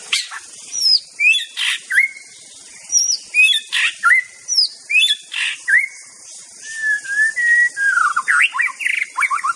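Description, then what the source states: White-rumped shama pouring out a lively, varied song of rapid sharp whistles, rising and falling slurs and short rich phrases, almost continuous, with a steady high hiss behind. Wild bird in forest.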